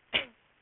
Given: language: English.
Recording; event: throat vibration sensor signal played as sound; cough